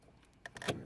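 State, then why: Seated. While wiring a remote starter on a 2003 Honda, the starter-feed wiring harness connector is pushed back into its mating plug, giving a sharp plastic snap at 0.5 s. A few quieter handling noises follow at about 0.6 s and 0.7 s, and the connector is seated.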